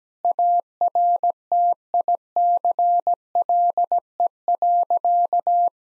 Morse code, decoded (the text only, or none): ARTICLE.